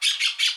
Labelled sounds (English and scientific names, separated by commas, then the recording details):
Brown-throated Parakeet (Eupsittula pertinax) contact call
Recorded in Aruba
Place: Cunucu Arikok, S side of Ceru Arikok
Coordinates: 12.502, -69.950